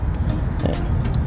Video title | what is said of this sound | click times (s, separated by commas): Ford Explorer DIY LED Fog Lights install year 2011 to 2015 | make sure you got it in good enough to hear it snap, and you should be good to go, guys. | 1.1 s